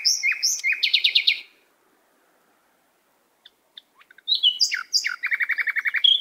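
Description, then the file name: Canary song with quick trilled phrases, a pause, then more varied chirps and a fast trill. "Canary Voice"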